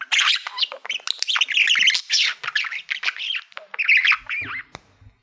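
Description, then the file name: Budgerigar warbling, steady flowing chirps and rising and falling whistled notes over about five seconds. "Budgie Sounds"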